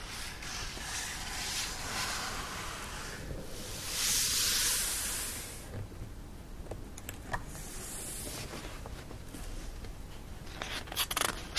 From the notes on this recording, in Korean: 책을 넘기는 소리